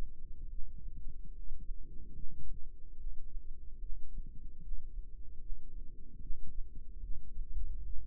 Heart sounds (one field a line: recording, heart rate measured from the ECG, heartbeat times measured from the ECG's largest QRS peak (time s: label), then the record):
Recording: heart sounds by microphone in the right ear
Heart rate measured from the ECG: 73 bpm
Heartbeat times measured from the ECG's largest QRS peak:
0.46 s: heartbeat
1.30 s: heartbeat
2.11 s: heartbeat
2.94 s: heartbeat
3.77 s: heartbeat
4.58 s: heartbeat
5.37 s: heartbeat
6.18 s: heartbeat
6.98 s: heartbeat
7.81 s: heartbeat
From the record:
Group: healthy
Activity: rest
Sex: female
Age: 26 years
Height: 165 cm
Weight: 55 kg